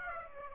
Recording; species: mosquito wingbeat signal from an infrared sensor; Aedes aegypti